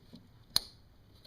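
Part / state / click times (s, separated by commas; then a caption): fuel supply line quick connector onto fuel rail inlet / seated / 0.6 s. A push-on quick-disconnect fuel supply line connector is pressed onto the fuel rail inlet of a 4.7 V8 during a fuel injector swap. A single sharp, loud snap click at 0.6 s marks the connector locking in place, with only faint ticks and low background noise around it. The connector is seated on the fuel rail.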